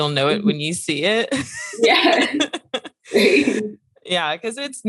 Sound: laughs